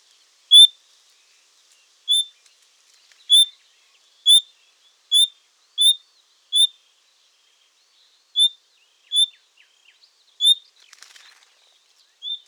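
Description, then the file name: Common nightingale giving single clear, high whistled notes at irregular intervals, with a faint rustle near the end. "Luscinia megarhynchos"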